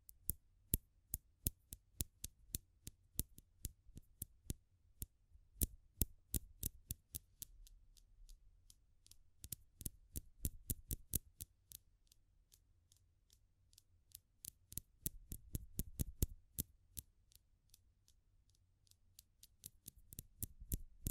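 Dense, irregular crackling of a fire, sharp pops snapping several times a second over a low rumbling hum, with brief quieter stretches.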